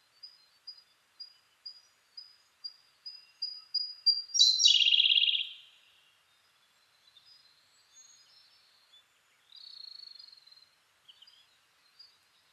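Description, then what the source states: Siberian blue robin song: thin high whistled notes repeated, speeding up, then bursting into a loud, fast buzzy trill, followed by quieter high twitters. Recorded 2 June 2010 at 08:36.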